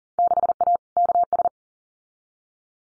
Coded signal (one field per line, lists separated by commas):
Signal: Morse code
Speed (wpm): 41 wpm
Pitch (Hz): 700 Hz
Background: none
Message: 6A KS